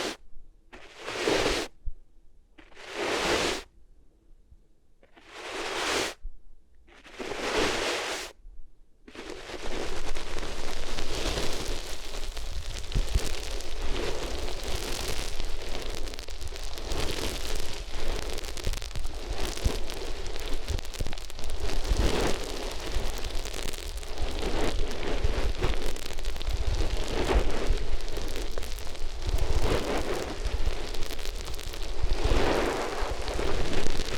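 Rubbing on different materials, starting with five short separate bursts of scratchy friction in the first nine seconds, each followed by silence. After that the rubbing becomes continuous and dense, a steady rough rustle with gentle swells that sounds much like rain.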